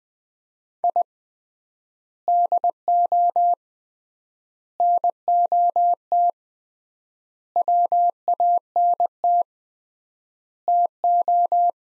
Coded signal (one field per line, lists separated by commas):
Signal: Morse code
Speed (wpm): 20 wpm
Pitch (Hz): 700 Hz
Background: none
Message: I DO NOT WANT TO